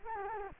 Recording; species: mosquito wingbeat signal from an infrared sensor; Culex quinquefasciatus